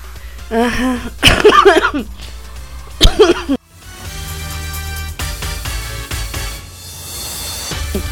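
A short fit of harsh, throaty coughing: a rough cluster of bursts, then one more sharp cough a moment later, followed by a steady low background hum.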